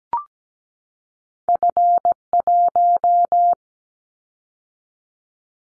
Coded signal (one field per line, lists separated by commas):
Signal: Morse code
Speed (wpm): 17 wpm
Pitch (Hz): 700 Hz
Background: none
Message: F1